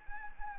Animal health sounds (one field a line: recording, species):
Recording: mosquito wingbeat signal from an infrared sensor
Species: Anopheles arabiensis